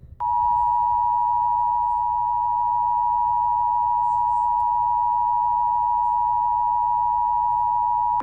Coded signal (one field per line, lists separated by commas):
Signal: Emergency Alert System (SAME) tones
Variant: 853 and 960 Hz attention tone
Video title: Eas Frw On Wjon Eas#612